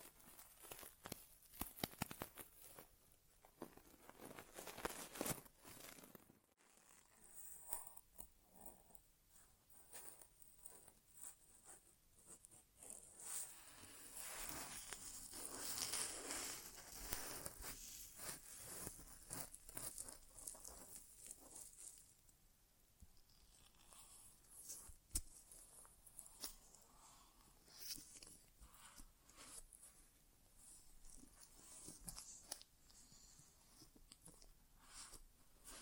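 An ASMR inner ear exam without talking: dense, crackly rustles and scratchy scraping fill the clip, with sharp clicks and pops scattered throughout. A brief hush comes near seven seconds, and the sound swells fuller and brighter between about twelve and twenty-two seconds before thinning again.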